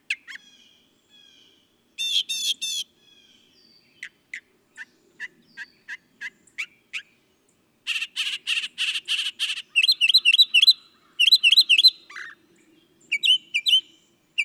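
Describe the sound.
Northern mockingbird singing a varied medley of repeated phrases: sharp chips, buzzy harsh notes and looping whistled notes.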